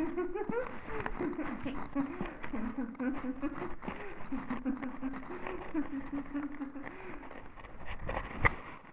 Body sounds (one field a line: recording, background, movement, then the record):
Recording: laughter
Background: quiet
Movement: walking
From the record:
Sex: female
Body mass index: 36.4 kg/m2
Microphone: on the chest, facing the body